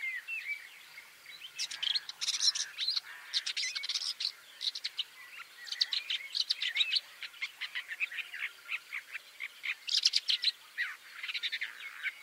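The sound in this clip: Woodchat shrike uttering harsh, scratchy chatter and rapid ticking notes in dense bursts, with short whistled elements between the rougher phrases.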